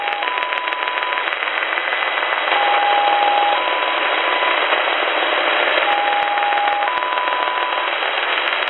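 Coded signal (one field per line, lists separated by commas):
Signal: numbers station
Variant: XPA-like polytone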